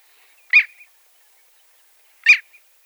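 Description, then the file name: Long-tailed jaeger giving two short harsh calls about two seconds apart, otherwise quiet. "Pomornik dlinnohvostyj"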